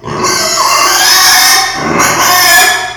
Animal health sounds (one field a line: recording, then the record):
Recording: squeal of a Yucatan mini pig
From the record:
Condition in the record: before surgery on the right vocal fold (resection and tissue-engineered implant)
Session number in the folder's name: 2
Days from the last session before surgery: 0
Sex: male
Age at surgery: 12 weeks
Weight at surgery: 13 kg